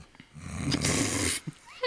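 A single rough, rumbling snort lasting about half a second: a jokingly imitated snore by an adult man, not real sleep breathing.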